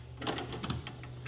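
A patio rail on a Momentum fifth wheel is rolled out from the ramp door toward its latch, making a few short rattling knocks around 0.4, 0.6 and 0.7 s over a steady low hum. The rail is still being handled, and nothing has clicked into place yet.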